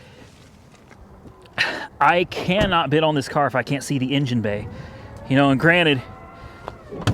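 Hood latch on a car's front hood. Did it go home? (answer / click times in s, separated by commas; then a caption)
released / 6.7 s, 7.1 s. At a salvage auction, someone works the hood release of a damaged car to get a look at the engine bay while talking. Two sharp clicks at 6.7 s and 7.1 s follow as the hood latch on the car's front hood pops open and lets go.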